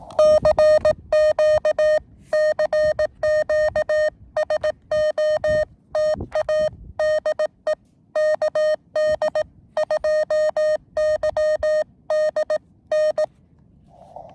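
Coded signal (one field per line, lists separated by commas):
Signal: Morse code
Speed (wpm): 18 wpm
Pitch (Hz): 620 Hz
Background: none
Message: CQ CQ SOTA DE KD2YDN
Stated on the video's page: QRP CW from a combined Summits On The Air and Parks On The Air activation, including a summit-to-summit contact.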